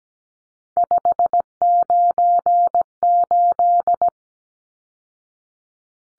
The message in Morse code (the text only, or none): 598